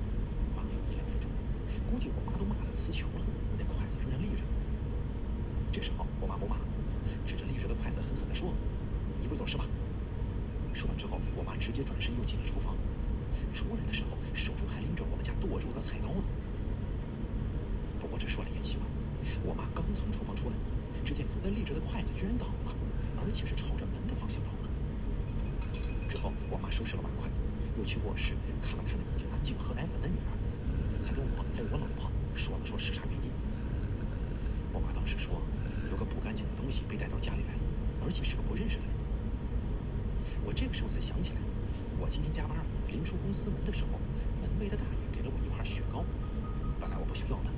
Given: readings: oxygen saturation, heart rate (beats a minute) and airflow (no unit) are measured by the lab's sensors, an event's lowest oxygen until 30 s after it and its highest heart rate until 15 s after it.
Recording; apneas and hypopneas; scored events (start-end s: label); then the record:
breathing in sleep by a smartphone at the bedside; none
none scored
From the record:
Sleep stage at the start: N2 (light sleep); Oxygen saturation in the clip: 93 to 95%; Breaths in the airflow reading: 16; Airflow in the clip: -1.7 to 3.0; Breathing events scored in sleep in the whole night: 335 in 6.7 hours asleep